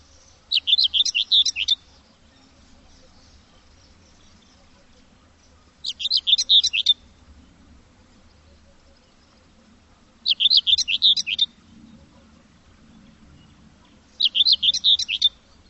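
Bird giving short bursts of rapid, high twittering chirps, each burst about a second long, repeated roughly every four to five seconds over a faint low hum.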